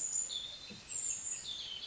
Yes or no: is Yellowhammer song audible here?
no